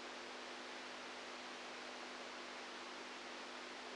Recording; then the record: brain microelectrode recording played as sound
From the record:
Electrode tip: outside the subthalamic nucleus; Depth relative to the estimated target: 2 mm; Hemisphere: right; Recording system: NeuroSet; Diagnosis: Parkinson's disease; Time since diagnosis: 10 years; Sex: female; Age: 67 years